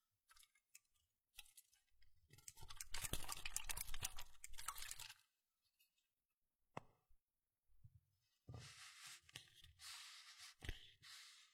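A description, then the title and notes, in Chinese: Small crackling and fizzing sounds, like popping candy or a fizzy drink, with scattered soft taps at the start. A dense, bright crackle fills roughly the second to fifth seconds, then near silence with a single sharp pop, and a second hissing, crackly stretch with plops near the end. 可乐、水、棉签、毛刷、跳跳糖。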